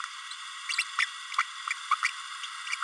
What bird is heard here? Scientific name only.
Forpus passerinus